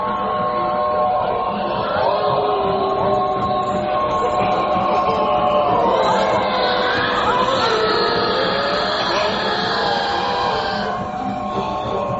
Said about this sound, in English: Listen to that train, Miss Foley. Like a billion people protesting, not wanting to be dead.